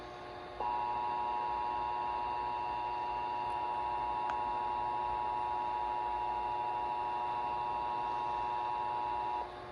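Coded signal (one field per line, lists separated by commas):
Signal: Emergency Alert System (SAME) tones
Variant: 853 and 960 Hz attention tone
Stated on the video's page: Required weekly test relayed via IPAWS, covering multiple central US states.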